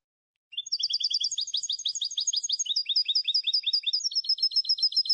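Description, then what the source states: European goldfinch performing a long stream of fast tinkling trills that change in pattern several times, bright and continuous, with no other sounds. Clean goldfinch song on a CD for birds to copy.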